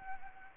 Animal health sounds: mosquito wingbeat signal from an infrared sensor; Anopheles gambiae

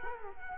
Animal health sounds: mosquito wingbeat signal from an infrared sensor; Culex quinquefasciatus

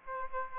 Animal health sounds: mosquito wingbeat signal from an infrared sensor; Aedes aegypti

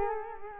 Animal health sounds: mosquito wingbeat signal from an infrared sensor; Culex quinquefasciatus

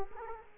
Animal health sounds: mosquito wingbeat signal from an infrared sensor; Culex quinquefasciatus

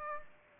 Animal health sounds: mosquito wingbeat signal from an infrared sensor; Aedes aegypti

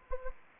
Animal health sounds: mosquito wingbeat signal from an infrared sensor; Anopheles gambiae

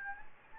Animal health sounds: mosquito wingbeat signal from an infrared sensor; Anopheles gambiae

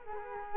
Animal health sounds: mosquito wingbeat signal from an infrared sensor; Culex quinquefasciatus

